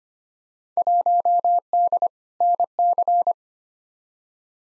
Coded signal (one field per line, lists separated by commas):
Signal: Morse code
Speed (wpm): 25 wpm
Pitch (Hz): 700 Hz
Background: none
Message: 1D NC